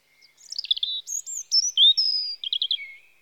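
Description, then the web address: European robin song: fast, high descending trills, clear sliding whistles and a final quick series of repeated notes dropping lower. Spring. "BBC Sound Effects Library Birds Robin (Erithacus Rubecula) Spring"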